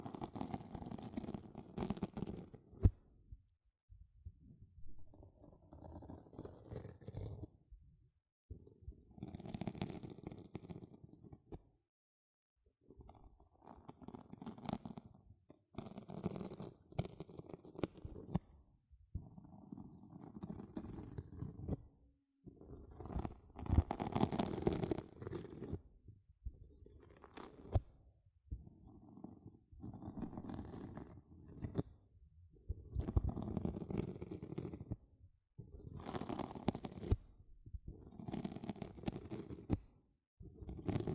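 A sponge is scratched, squished and rubbed in a run of uneven bursts, each a few seconds long, with short silent pauses between them. The sound is rough and crackly, with a soft wet squish underneath and a crisp hiss on the strokes.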